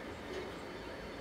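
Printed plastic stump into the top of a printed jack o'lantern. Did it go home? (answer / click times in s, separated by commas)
no / none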